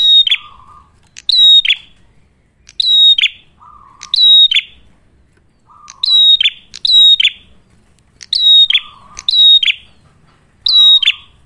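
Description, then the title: Ashy tailorbird song: clear, high whistled phrases in pairs and singles, with short low buzzy rattles between the groups. Red-headed prenjak singing actively ('gacor'); clear recording meant for training caged birds (masteran) or luring (pikat). "Masteran Duet Cililin Vs Kapas Tembak. Prenjak Kepala Merah Gacor [ Suara Jernih, Sangat Cocok Buat Masteran Ataupun Buat Pikat ]"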